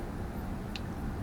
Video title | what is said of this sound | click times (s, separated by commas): KNEX CD Power Tower | rod snap your yellow rod into the two purple connectors like so | 0.8 s